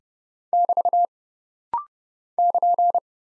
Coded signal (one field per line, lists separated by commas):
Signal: Morse code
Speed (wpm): 30 wpm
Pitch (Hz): 700 Hz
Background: none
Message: <BT> <KN>